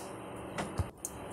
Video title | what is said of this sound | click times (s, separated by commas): Comment remplacer un disconnecteur sur une chaudières Saunier Duval ? | normalement il faut qu'il fasse ce bruit ça signifie qu'il est bien enclenché | 1.0 s